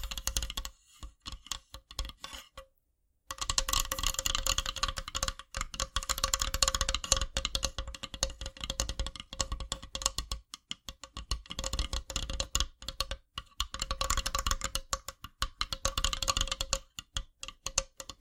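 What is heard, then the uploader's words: Dry tapping and scratching on wood fills the clip in dense, rapid bursts, with clicky, bright textures and a faint steady tone underneath. A short full silence falls near 2.5–3 seconds, and brief pauses break up the activity around 10 and 13 seconds. ASMR Wooden Triggers 1hour（No Talking）.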